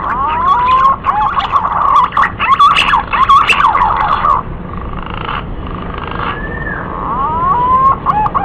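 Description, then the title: Green pigeon whistles, rising and bending notes in an uneven run, fading to softer wavering tones before a final rising phrase. Lure call used to attract green pigeons. "Pikat Burung Punai"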